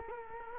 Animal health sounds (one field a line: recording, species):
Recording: mosquito wingbeat signal from an infrared sensor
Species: Culex quinquefasciatus